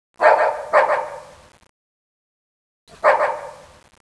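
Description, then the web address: Dog barking: a sharp double bark, then a pause of over a second and a single bark. "nijmegen hund"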